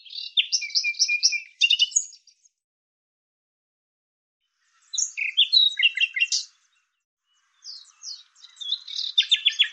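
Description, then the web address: Bird song, three phrases of mixed trills and chirps separated by silent gaps. "Deverinetal 2025"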